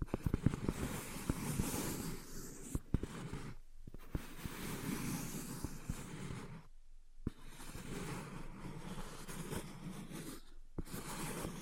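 Dense, continuous tapping and scratching with sharp clicks throughout, broken by brief silent gaps near four, seven and eleven seconds.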